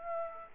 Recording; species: mosquito wingbeat signal from an infrared sensor; Aedes aegypti